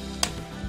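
A plastic leg tab on a Magic Square MS-02 Light of Peace Optimus Prime transforming robot toy is pressed home into its slot. A single sharp click sounds at 0.2 s, and the tab seats in place.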